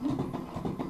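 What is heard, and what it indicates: Rapid, rhythmic mechanical thumping with a galloping beat from the portable backpack pneumatic driver of a total artificial heart, running constantly at 130 beats per minute.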